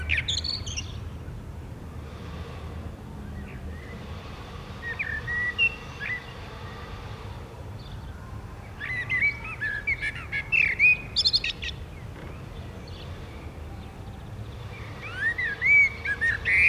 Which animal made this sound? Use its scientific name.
Turdus merula